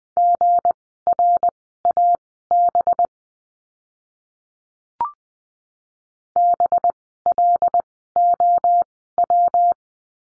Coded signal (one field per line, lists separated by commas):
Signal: Morse code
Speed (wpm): 20 wpm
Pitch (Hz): 700 Hz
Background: none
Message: GRAB BLOW